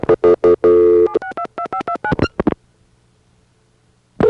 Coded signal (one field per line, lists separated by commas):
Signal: DTMF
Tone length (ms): 80 ms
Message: 7622529